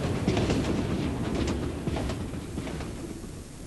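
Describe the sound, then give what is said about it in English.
A steady, dense rumble of a moving train, with low mechanical roar and occasional sharp clacks and squeaks over a few seconds, no voices. “Excuse me, does this train stop at Gatwick?”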